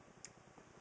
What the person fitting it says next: Just kind of clicks there.